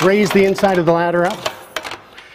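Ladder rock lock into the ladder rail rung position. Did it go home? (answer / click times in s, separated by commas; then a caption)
yes / 1.8 s, 1.9 s. Someone talks while raising the inside section of an aluminium ladder, then pops the ladder's rock locks back into the rail's rung position. Two short metallic clicks are heard at 1.8 s and 1.9 s as the rock locks seat into place.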